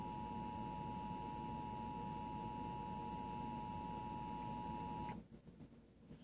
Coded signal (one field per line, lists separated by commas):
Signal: Emergency Alert System (SAME) tones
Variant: 853 and 960 Hz attention tone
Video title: TV EAS 9 - SVR 7